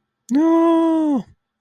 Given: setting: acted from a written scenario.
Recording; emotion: vocal sound without words; fear